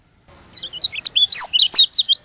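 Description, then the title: White-eye song, high twittering notes in a lively run of rising and falling whistles. From Lombok. "Plecir3un. Suara burung pleci lombok"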